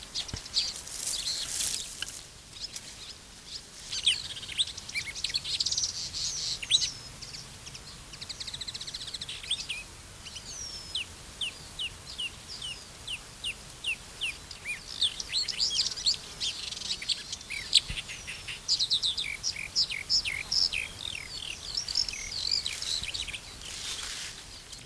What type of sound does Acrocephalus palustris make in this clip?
song